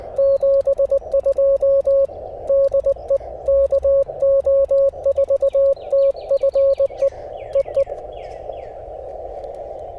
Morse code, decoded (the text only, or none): 72 DE KO4TFE E E